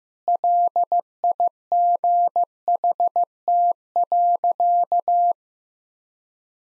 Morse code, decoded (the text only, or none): LIGHT.